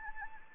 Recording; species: mosquito wingbeat signal from an infrared sensor; Anopheles gambiae